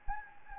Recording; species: mosquito wingbeat signal from an infrared sensor; Anopheles gambiae